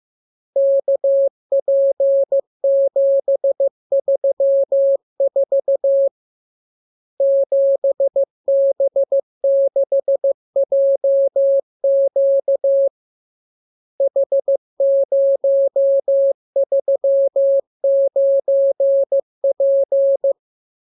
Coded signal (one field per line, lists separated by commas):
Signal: Morse code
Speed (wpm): 15 wpm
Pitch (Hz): 550 Hz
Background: none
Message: KP734 7B6JQ H039P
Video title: Learning Morse Code. Lesson 39. Letter KMURESNAPTLWI.JZ=FOY,VG5/Q92H38B?47C1D60